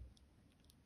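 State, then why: Released. A key tool inserted under the right side of the up arrow keycap on a 2016–2018 MacBook Pro A1706, A1707 or A1708 butterfly keyboard is gently raised until the plastic clasps release the keycap from the mechanism. A sharp, faint click is heard at 0.2 s, followed by a second brief tick near 0.7 s over quiet low background noise. The keycap is released and slid off.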